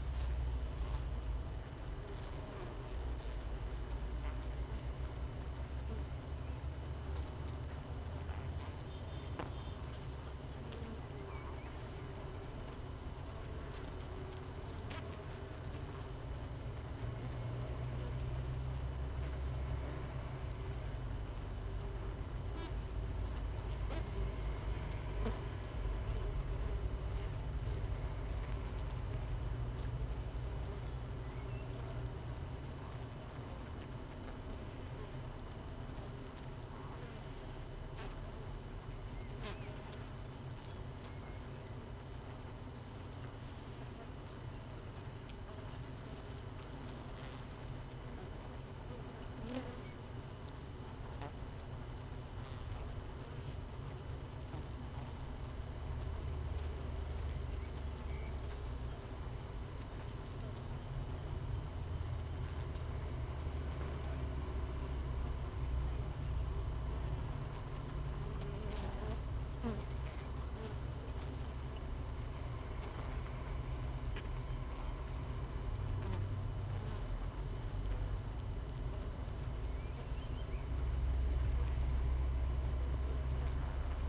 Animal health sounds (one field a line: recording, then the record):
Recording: honeybee colony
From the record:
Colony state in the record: missing queen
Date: 31 May 2018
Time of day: 6:15